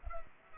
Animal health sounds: mosquito wingbeat signal from an infrared sensor; Culex pipiens

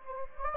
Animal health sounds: mosquito wingbeat signal from an infrared sensor; Anopheles gambiae

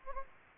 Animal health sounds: mosquito wingbeat signal from an infrared sensor; Anopheles gambiae

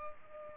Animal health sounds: mosquito wingbeat signal from an infrared sensor; Culex pipiens

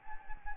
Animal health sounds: mosquito wingbeat signal from an infrared sensor; Anopheles gambiae

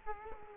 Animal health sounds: mosquito wingbeat signal from an infrared sensor; Culex quinquefasciatus

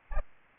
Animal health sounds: mosquito wingbeat signal from an infrared sensor; Aedes albopictus

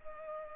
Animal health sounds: mosquito wingbeat signal from an infrared sensor; Culex pipiens

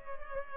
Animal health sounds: mosquito wingbeat signal from an infrared sensor; Culex pipiens

